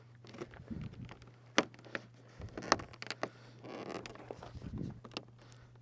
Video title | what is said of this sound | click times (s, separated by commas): Winter Front Install and Block Heater Location - 2019-2023 Ram EcoDiesel | hear it popping into place there | 1.6 s, 1.9 s, 2.7 s, 3.1 s, 3.2 s, 5.2 s